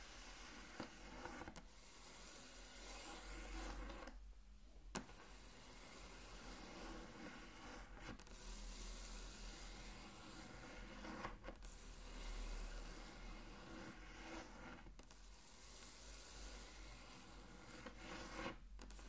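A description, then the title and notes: Continuous scratchy rubbing of something dragged across a wooden tabletop, in long strokes broken by brief pauses and a sharp tap near five seconds. ASMR Intense Table Tracing (No Talking).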